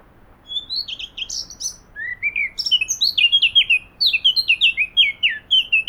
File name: Sylvia atricapilla